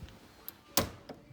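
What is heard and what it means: With a pillow caught under the extending leg rest of a La-Z-Boy power recliner, the leg rest's safety latch coupling disengages from the power mechanism with one sharp, bright click at 0.8 s. Fainter ticks come at about 0.1, 0.5 and 1.1 s. The leg rest linkage is released from the motor.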